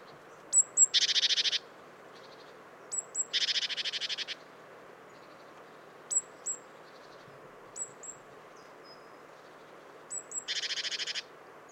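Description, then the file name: Great tit giving high clipped notes that lead into dry rattling churrs, three bouts spread across the recording, with faint background noise. "Parus major"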